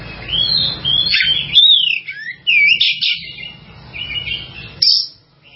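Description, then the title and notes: Bird song with whistled slurs and rapid chirps, including a clear downward whistle and a few loud squeaky notes, then quieter twittering. "Bird Sound. Kicau Burung Lengkap"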